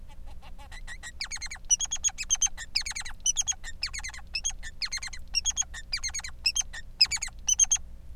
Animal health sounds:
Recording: song of a male Bengalese finch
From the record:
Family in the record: son of father 3

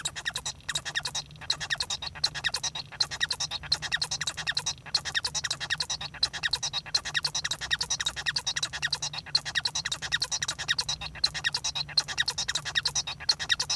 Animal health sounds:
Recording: song of a male Bengalese finch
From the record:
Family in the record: son of father 1

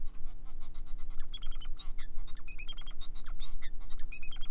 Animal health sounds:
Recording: song of a male Bengalese finch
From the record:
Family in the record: son of father 4

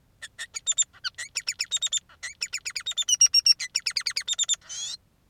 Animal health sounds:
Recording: song of a male Bengalese finch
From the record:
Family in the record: son of father 3

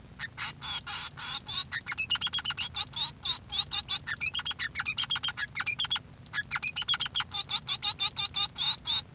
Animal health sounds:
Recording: song of a male Bengalese finch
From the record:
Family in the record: son of father 3

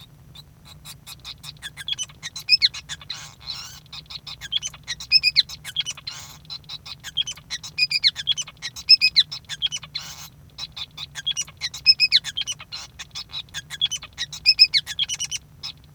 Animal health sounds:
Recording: song of a male Bengalese finch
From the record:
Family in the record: son of father 5

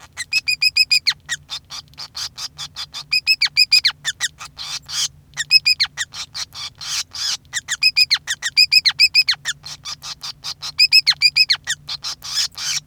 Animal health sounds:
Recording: song of a male Bengalese finch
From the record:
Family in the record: son of father 5

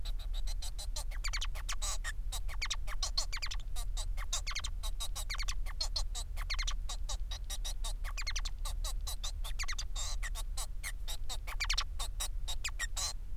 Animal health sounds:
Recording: song of a male Bengalese finch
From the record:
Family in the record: son of father 4

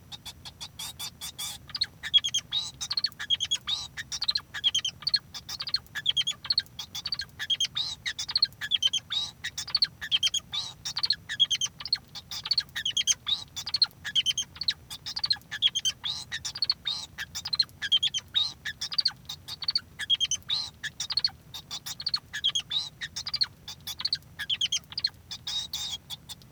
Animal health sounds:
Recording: song of a male Bengalese finch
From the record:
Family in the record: son of father 2

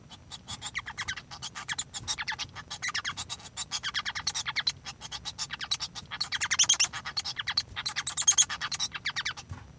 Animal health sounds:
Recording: song of a male Bengalese finch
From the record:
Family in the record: son of father 1

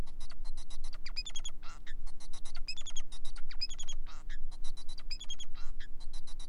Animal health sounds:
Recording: song of a male Bengalese finch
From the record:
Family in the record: son of father 4

